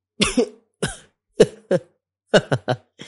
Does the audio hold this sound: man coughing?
yes